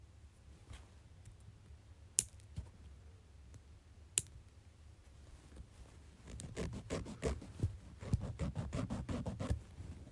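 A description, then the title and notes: Nails being cut and filed: two sharp clipper snaps stand out near two and four seconds, with a few softer clicks around them over a low rumble. From about six seconds a quick, regular rasping of the file takes over and keeps going to the end. ASMR Cutting and Filing my Nails.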